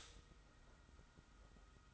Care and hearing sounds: daily activity, microphone in the room; stop toaster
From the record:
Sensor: 3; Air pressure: 991.6 hPa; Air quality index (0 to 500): 182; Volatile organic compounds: 1000 ppm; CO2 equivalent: 6081 ppm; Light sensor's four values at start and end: 40/115/47/41 and 40/115/47/41

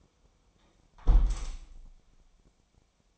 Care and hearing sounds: daily activity, microphone in the room; close window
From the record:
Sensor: 1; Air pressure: 1000.5 hPa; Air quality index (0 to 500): 178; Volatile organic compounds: 4 ppm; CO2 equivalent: 1633 ppm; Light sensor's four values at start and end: 10/24/10/11 and 10/24/10/11

